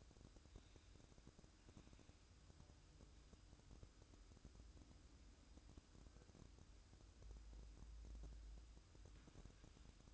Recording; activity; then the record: daily activity, microphone in the room; make coffee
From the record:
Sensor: 2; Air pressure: 1007.2 hPa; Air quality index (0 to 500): 41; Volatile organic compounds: 1 ppm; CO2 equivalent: 542 ppm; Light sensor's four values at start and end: 6/13/5/5 and 6/13/5/5